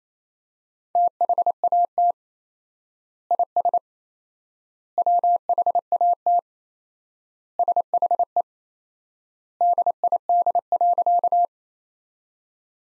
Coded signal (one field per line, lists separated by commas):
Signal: Morse code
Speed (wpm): 28 wpm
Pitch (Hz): 700 Hz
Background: none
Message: THAT IS WHAT SHE DID.